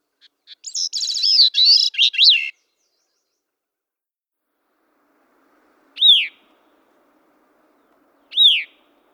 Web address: Gray-cheeked Thrush